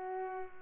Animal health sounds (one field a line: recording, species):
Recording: mosquito wingbeat signal from an infrared sensor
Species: Culex pipiens